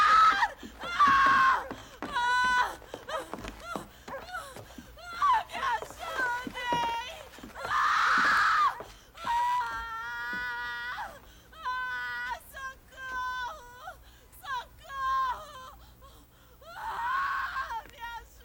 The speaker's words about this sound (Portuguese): O que foi? O que foi? Na verdade, para nada de chorar, ia para de gritar, fala o que foi.